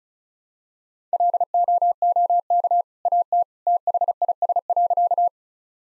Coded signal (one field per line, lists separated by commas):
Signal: Morse code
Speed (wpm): 36 wpm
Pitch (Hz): 700 Hz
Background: none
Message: LOOK AT THIS.